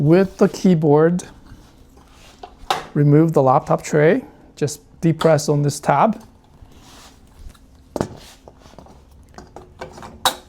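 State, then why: Seated. Someone talks while pressing a tab to remove the laptop tray from a recliner workstation arm, then fits the keyboard tray into the same mount. Several short knocks and clicks follow, and the last and loudest click at 10.3 s is the keyboard tray seating in the mount.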